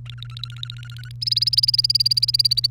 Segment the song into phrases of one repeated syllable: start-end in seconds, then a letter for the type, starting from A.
0.06-1.11 A, 1.21-2.67 B